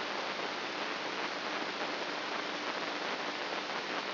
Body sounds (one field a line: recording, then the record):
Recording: brain microelectrode recording played as sound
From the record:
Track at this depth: inside the subthalamic nucleus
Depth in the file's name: 5.083 mm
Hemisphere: left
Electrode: 3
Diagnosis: Parkinson's disease